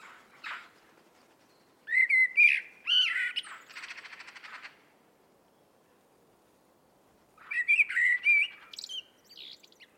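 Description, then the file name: Eurasian blackbird singing two separate phrases, each a low fluty warble followed by a scratchy, high twittering flourish, with a long quiet gap between them. "Turdus merula"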